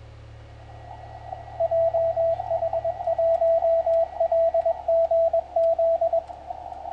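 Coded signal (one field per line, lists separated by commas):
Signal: Morse code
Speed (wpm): 22 wpm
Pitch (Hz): 660 Hz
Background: radio noise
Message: JH1LGZ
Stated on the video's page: Short CW contacts with several stations on 28010 kHz in the 10 m band.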